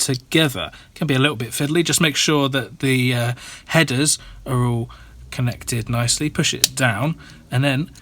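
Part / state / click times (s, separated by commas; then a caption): synth module front circuit board into back board headers and snap standoffs / not seated / none. A synth module's front circuit board is being fitted onto the back board, with its board-to-board headers lined up and its standoffs ready to snap into place, while someone talks throughout. The clip ends before the boards are pushed home, so nothing has seated or clicked yet.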